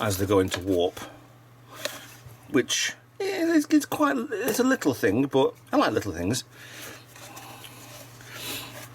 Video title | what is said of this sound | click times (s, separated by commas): REVELL 1:670 STAR TREK USS VOYAGER NCC-74656 MODEL KIT | mode impulse and then they fold upwards click into place as they're | 1.8 s